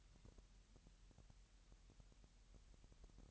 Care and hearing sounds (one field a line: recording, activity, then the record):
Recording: daily activity, microphone in the room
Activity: take from stove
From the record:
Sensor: 3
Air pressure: 1002.0 hPa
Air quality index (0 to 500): 248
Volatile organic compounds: 50 ppm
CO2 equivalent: 3296 ppm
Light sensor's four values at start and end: 6/15/6/6 and 6/15/6/6